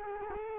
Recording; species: mosquito wingbeat signal from an infrared sensor; Culex quinquefasciatus